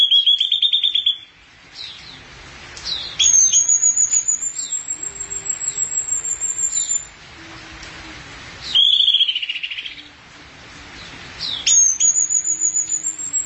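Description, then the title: Thrush song with fast rattling trills alternating with long, thin, very high drawn-out whistles, the pattern heard twice. "burung anis x"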